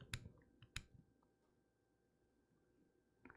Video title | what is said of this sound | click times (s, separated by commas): Upgrading Dell XPS 15 9570 | you should be able to press it down and hear it lock | 0.1 s, 0.8 s